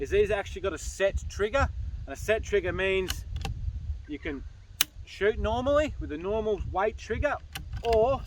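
Someone talks while handling the set trigger in the trigger group of a CZ 527 bolt-action .223 carbine, about to push the trigger forward to engage the set trigger, which turns it into a hair trigger. Nothing has clicked or seated into the set position yet.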